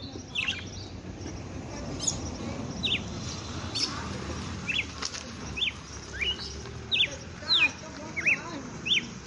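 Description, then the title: Red-cowled cardinal giving short falling whistled notes at a regular pace, partly buried under rustling, clattering and broad background noise. Female bird named Fenrir, singing in the song style called açoite selvagem. "Canto Galo Campina Fêmea 07. Galo de campina FENRIR no AÇOITE SELVAGEM"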